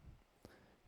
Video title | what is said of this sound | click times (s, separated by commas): MuDu Doublematic Restoration: A 1960s Smuggled Swiss Watch | This winding rotor just clicks into place. | 0.5 s